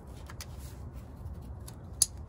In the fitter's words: sure it clicks and it's good.